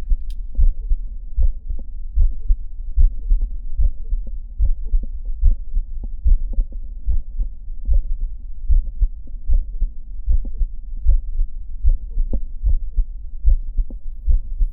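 Adult heart heard by stethoscope at about 75 beats per minute: a late systolic murmur, mostly musical in character, from mitral valve prolapse, an atypical auscultatory sign of the condition.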